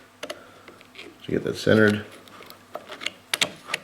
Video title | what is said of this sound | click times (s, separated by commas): ViperSharp - Cool New Knife Sharpening System...I'm Impressed! | okay and then clicks right in place again these are all um | 3.3 s